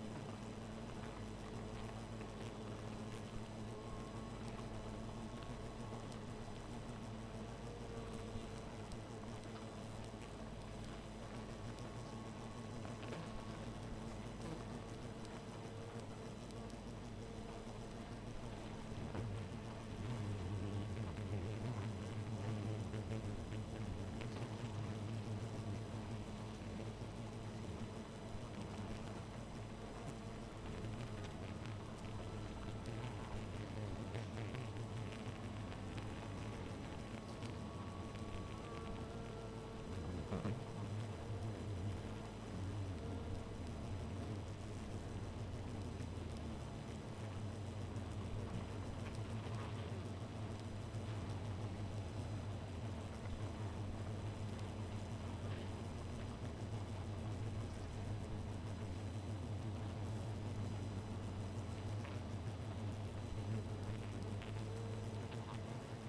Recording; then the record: honeybee colony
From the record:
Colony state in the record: missing queen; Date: 14 July 2017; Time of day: 1:47